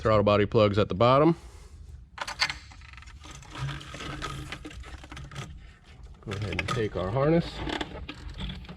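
Someone talks while handling the plastic wiring harness plug on a 2013-2018 Ford Edge 2.0L EcoBoost during a J&L oil separator install, bringing it to the throttle body connector at the bottom of the intake manifold. Light plastic taps and rattles from the handling are heard between the talking. Nothing has seated or clicked yet.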